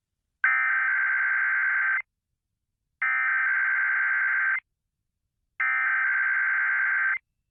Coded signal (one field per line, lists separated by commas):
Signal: Emergency Alert System (SAME) tones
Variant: header bursts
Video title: KDKA Required Weekly Test (November 20, 2022) (EAS #687)